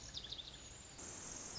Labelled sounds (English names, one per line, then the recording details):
Pacific Wren
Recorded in Sonoma County, California